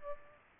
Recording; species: mosquito wingbeat signal from an infrared sensor; Aedes aegypti